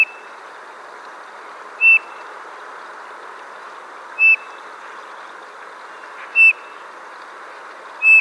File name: Pyrrhula pyrrhula